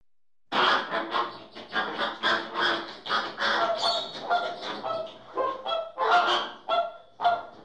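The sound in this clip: Bird calls, loud and grating, uttered in quick succession with rough, squawk-like notes and a few shorter clipped sounds near the end.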